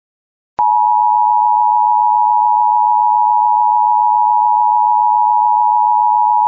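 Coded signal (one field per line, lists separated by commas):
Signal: Emergency Alert System (SAME) tones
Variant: 853 and 960 Hz attention tone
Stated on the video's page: Recreation of a severe thunderstorm warning relay with EMNet, using valid EAS tones.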